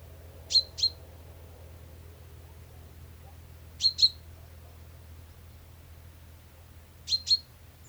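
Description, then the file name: Common chaffinch calling in paired sharp notes, each pair a quick double chip, repeated about every three seconds against a faint low rumble. "Fringilla coelebs"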